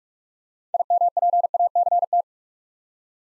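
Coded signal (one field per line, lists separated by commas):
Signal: Morse code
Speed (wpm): 44 wpm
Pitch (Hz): 700 Hz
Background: none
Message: IMPACT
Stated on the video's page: Morse word drill at 45 wpm: six-letter words for head-copy practice, each sent twice.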